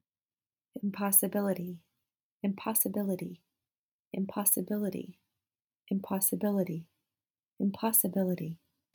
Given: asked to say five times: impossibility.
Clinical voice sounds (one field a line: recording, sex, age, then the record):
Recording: repeated word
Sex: female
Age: 30 to 39 years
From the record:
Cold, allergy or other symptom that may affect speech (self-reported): no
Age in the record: 34 years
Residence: California, United States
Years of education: 16